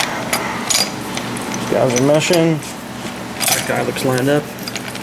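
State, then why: Not seated. During a Honda CB450 engine rebuild, a shift fork is being handled and lined up in the motorcycle crankcase transmission while someone talks. Brief handling taps occur near the start and end of the clip. Nothing has seated or clicked into place yet.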